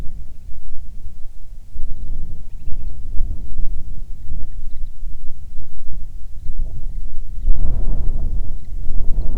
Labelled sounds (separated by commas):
waterfowl, wind